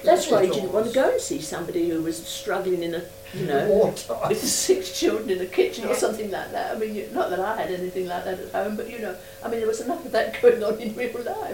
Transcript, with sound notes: That's why you didn't want to go and see somebody who was struggling in the, you know--
Wartime. [laughs]
With six children in the kitchen or something like that.
Yeah.
Not that I had anything like that at home but you know, I mean there was enough of that going on in real life!